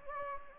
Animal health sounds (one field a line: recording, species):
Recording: mosquito wingbeat signal from an infrared sensor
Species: Anopheles gambiae